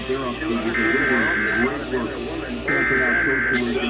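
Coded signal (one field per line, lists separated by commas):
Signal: Emergency Alert System (SAME) tones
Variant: header bursts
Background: speech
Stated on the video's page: Texas Required Monthly Test EAS alert.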